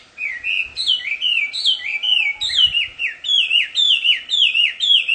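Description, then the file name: Chinese hwamei singing a rich, fast run of slurred, swooping whistled phrases, with faint low thumps in the background. Wild bird singing in the wild. "audio-kicauan-burung-hwamei-di-alam-liar -omkicau"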